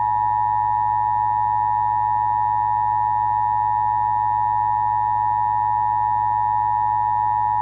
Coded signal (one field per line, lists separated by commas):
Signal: Emergency Alert System (SAME) tones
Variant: 853 and 960 Hz attention tone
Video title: Emergency alert system scaricno Kirk odd clips (2006) by @ToyStory3IRL